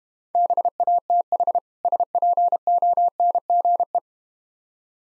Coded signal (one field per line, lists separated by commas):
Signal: Morse code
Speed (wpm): 32 wpm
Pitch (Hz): 700 Hz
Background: none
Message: BATH SPONGE